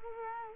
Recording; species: mosquito wingbeat signal from an infrared sensor; Culex quinquefasciatus